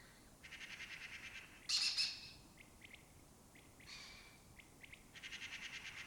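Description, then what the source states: Lesser kestrel rapid trilled call, a fast string of rasping pulses, broken by a loud harsh screech and scattered short clicks before the trill returns. Breeding colony in an abandoned building complex in Doñana, southern Europe; migratory birds that forage in West Africa.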